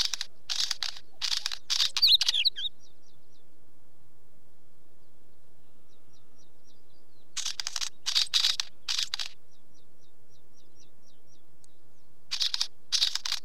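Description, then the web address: Northern wheatear sounding sharp, stony clicking chack notes in a few clusters several seconds apart, with soft high ticks in between. "The BBC Sound Effects Library - Complete 60 CDs Collection Sound Effects Library-12 (British Birds) 20 Wheatear Bird"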